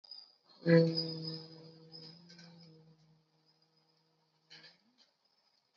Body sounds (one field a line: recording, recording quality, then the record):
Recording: sustained vowel as in boot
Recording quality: excellent, no background noise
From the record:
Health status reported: COVID-19 positive, no symptoms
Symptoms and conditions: sore throat, muscle pain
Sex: female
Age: 50 years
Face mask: not worn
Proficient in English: no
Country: India